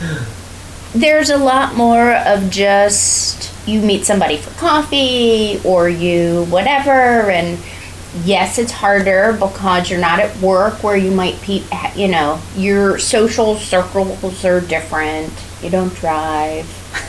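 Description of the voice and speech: One adult woman speaks fluently and conversationally at a moderate pitch, with natural intonation, a few fillers like "you know" and "I mean", and brief pauses. Voice and articulation are ordinary, with no disorder heard. A faint low hum sits in the background.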